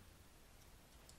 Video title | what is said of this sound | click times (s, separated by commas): 2002 honda civic manual transmission inspection part 4 same as acura el | right there they locked into place right there | 1.1 s